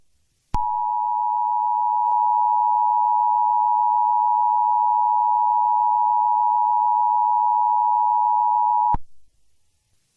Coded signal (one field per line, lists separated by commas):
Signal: Emergency Alert System (SAME) tones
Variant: 853 and 960 Hz attention tone